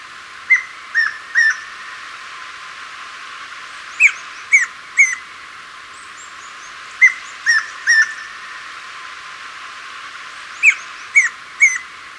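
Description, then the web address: Tawny antpitta repeating a three-note whistled call about every three seconds. Ecuador. "Birds of Ecuador 2. Tawny Antpitta"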